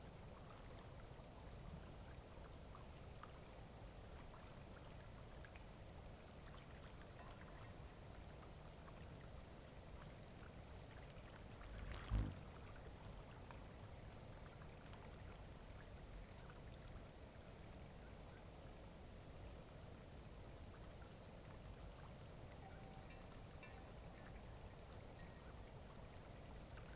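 A cloudy night beside Taylor Lake brings a steady, dense hush with a low rumble, broken once by a sharp knock near twelve seconds.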